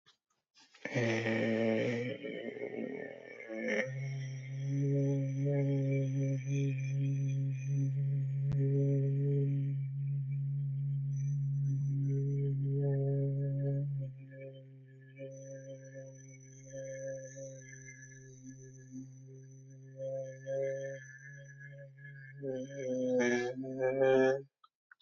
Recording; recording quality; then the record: sustained vowel as in made; excellent, no background noise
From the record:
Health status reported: healthy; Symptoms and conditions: hypertension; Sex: male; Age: 35 years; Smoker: not ticked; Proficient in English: yes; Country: Canada